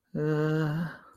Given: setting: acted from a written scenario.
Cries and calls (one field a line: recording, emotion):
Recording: vocal sound without words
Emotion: embarrassment